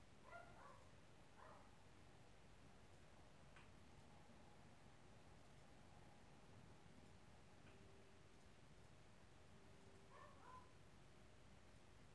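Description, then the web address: Dog giving a couple of muffled barks near the start and another near the end, with scattered ticking clicks in between against constant hiss. Neighbour's dog, 10 May 2021, 13:00. "haagwonen Geluidopnames 2021-05-10 13 00 10 minuten genieten van die hond"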